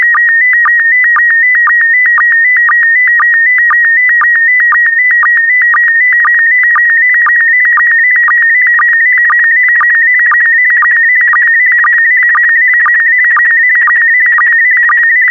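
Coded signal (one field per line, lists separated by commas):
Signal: SSTV (slow-scan television)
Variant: PD120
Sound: steady warbling high tone, stepping slightly, with rhythmic low blips twice a second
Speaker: transmission complete you can now check your decoded image against the picture that is shown on the video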